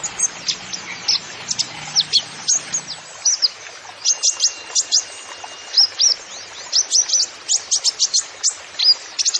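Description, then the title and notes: Van Hasselt's sunbird song of dense, high-pitched chirps and piercing downward-sweeping notes in quick irregular runs, barely pausing. Masteran recording for training songbirds, full of isian (fill-in phrases) and tembakan (shot phrases), meant as pancingan to prompt other birds; the bird is described as gacor, singing actively. "MASTERAN KOLIBRI NINJA FULL ISIAN DAN TEMBAKAN COCOK BUAT PANCINGAN. Suara Burung Kolibri Ninja Gacor"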